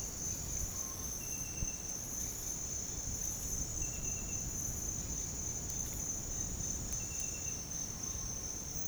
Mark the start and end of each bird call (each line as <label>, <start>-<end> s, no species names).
bird call, 0.74-1.08 s
bird call, 4.93-8.48 s